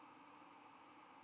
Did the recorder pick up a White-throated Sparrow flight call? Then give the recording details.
no. Another species' flight call is heard. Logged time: 07:41 on 11 November 2014